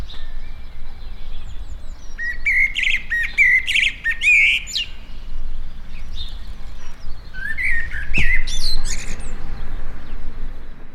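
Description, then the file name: Common blackbird song, fluted warbling phrases followed by high squeaky twitters, in two bouts, over steady low rumbling background noise. "Turdus merula"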